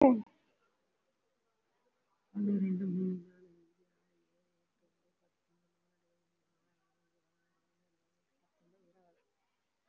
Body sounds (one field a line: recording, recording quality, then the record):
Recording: counting at a fast pace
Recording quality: moderate, slight background noise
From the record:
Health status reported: COVID-19 positive, moderate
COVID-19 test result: positive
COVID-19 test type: RT-PCR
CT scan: taken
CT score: 3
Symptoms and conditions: cough, cold, sore throat, fever, muscle pain, loss of smell and taste, another respiratory illness, hypertension, another condition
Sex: female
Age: 60 years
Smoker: no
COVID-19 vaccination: none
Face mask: worn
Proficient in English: no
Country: India